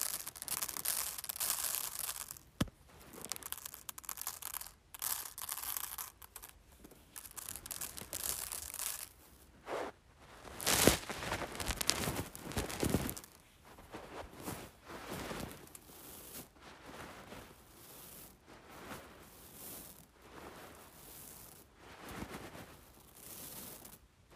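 Rice grains shift and pour in dense, hissing bursts, with uneven rustling swells, a sharp click near three seconds and louder pours around eleven.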